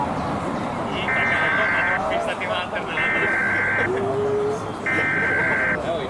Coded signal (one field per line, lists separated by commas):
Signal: Emergency Alert System (SAME) tones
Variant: header bursts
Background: speech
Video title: All Macedonian city EAS alarm